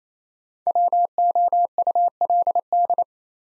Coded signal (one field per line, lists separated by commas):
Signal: Morse code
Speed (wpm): 28 wpm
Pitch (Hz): 700 Hz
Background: none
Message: WOULD